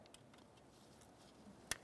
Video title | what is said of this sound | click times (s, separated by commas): How to Replace Thermostat Housing 2001-2005 Ford Explorer Sport Trac | listen for a click give it a little tug | 1.7 s